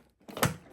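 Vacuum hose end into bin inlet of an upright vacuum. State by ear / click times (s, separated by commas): seated / 0.4 s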